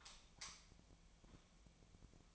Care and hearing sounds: daily activity, microphone in the room; light off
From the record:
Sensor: 1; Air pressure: 1009.8 hPa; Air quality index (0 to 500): 188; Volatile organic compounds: 17 ppm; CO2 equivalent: 2582 ppm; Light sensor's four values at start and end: 47/133/55/62 and 36/92/38/46

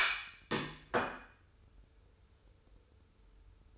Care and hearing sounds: daily activity, microphone in the room; place plate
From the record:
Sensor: 2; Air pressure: 994.3 hPa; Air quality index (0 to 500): 210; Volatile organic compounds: 1000 ppm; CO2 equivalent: 6924 ppm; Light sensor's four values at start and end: 48/114/47/48 and 51/119/50/50

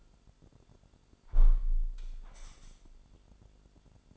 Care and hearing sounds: daily activity, microphone in the room; close window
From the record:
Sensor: 5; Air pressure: 1006.6 hPa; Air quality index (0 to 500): 193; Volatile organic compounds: 5 ppm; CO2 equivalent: 1834 ppm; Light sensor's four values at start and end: 57/161/63/63 and 57/161/62/63

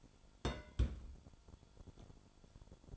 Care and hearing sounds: daily activity, microphone in the room; place on stove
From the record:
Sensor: 5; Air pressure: 1008.2 hPa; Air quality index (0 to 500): 118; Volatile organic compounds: 1 ppm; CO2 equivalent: 910 ppm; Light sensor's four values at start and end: 30/62/27/28 and 29/59/26/27

